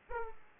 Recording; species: mosquito wingbeat signal from an infrared sensor; Aedes aegypti